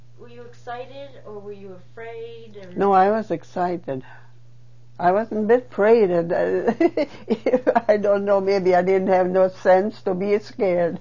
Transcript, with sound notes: were you excited or were you afraid, or--
No, I was excited. I wasn't a bit afraid. (She laughs.) I don't know. Maybe I didn't have no sense to be scared.